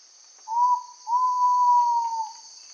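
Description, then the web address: Ivory-breasted pitta call of a quick whistle then a prolonged level whistle that fades at the end, set against a strong, unbroken insect buzz. Indonesia. "ULM-DS-Lab indonesian-bird-sounds. Pitta maxima"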